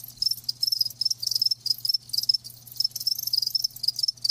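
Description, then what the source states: Crickets: shrill rapid chirping in clustered pulses, with a quiet steady hum in the background. Live crickets chirping.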